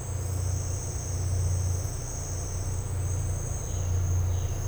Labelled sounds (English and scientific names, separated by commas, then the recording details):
none
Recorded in dense forest near Puerto Asís, Putumayo, Colombia, on 13 March 2025 at 11:00
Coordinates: 0.468, -76.322
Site GP01